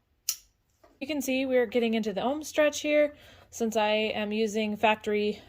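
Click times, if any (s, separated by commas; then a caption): 0.3 s. A plastic wiring-harness plug is pushed onto the connector on the back of a KC Flex Era 3 SAE auxiliary fog light on a Gladiator until it latches. A single sharp, loud snap at 0.3 s shows the plug has seated, followed by a faint tick near 0.8 s. Someone then talks from about 1.0 s to the end.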